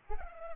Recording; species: mosquito wingbeat signal from an infrared sensor; Culex pipiens